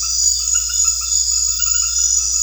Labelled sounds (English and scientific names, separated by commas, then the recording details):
none
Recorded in secondary vegetation near Puerto Asís, Putumayo, Colombia, on 4 March 2025 at 21:30
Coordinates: 0.484, -76.319
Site G010